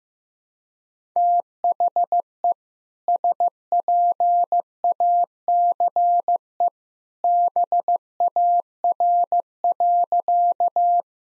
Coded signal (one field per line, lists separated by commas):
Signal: Morse code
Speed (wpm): 15 wpm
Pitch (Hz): 700 Hz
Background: none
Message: THE SPACE BAR.